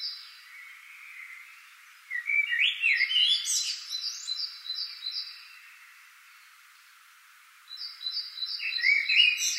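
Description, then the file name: Common blackbird in full voice: a rolling low warble with high twittering flourishes, a pause, then a second phrase starting, with repeated high calls from another bird. "Turdus merula"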